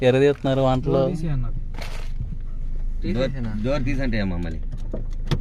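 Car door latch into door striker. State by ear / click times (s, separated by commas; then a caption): partly seated / 5.3 s. Someone talks while a car door is shut, giving a short series of knocks at about 5.0 s and 5.1 s that end in a loud slam of the door latch into the door striker at 5.3 s. The latch does not fully catch, so the door is not properly locked.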